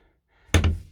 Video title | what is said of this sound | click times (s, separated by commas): 100k, top of the range Malibu motorhome : Malibu i490le | and held on by a magnet i heard the clunk of the magnet and this sort of gives you | 0.5 s